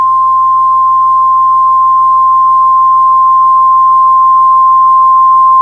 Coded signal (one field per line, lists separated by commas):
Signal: Emergency Alert System (SAME) tones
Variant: 1050 Hz attention tone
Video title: EAS Scenario Christmas Special: Holiday Havoc